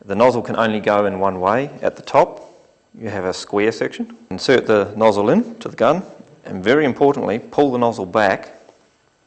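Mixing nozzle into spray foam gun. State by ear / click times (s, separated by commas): not seated / none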